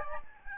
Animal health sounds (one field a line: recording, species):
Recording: mosquito wingbeat signal from an infrared sensor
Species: Aedes albopictus